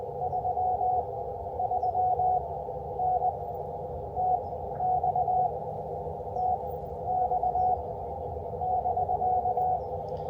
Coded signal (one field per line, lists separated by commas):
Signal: Morse code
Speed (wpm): 20 wpm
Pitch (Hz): 730 Hz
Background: none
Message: 33N TX TX <BK>